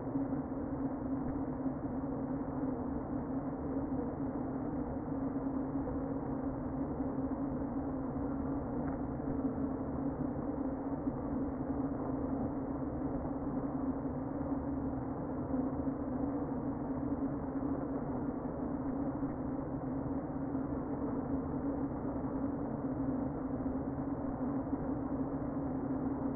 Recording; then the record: honeybee colony, microphone inside the hive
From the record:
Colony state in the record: queen present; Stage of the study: before two queens were removed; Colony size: about 60,000 bees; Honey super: yes